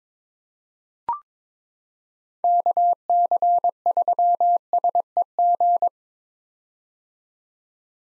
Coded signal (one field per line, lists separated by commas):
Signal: Morse code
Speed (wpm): 22 wpm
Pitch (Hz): 700 Hz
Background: none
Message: KC3SEG